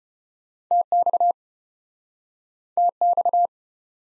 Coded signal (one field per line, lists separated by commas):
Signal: Morse code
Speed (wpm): 35 wpm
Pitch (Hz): 700 Hz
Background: none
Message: TX TX